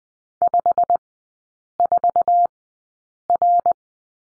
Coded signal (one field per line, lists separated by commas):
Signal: Morse code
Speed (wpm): 20 wpm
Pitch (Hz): 700 Hz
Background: none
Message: 54R